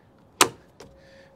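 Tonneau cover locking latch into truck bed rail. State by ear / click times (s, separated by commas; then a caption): seated / 0.4 s. A locking latch on a folding quad-fold tonneau cover slides along a truck bed rail and locks into place with one loud, sharp click at 0.4 s. A much fainter tap follows at about 0.8 s, and a quiet hum lingers afterward. The latch is seated.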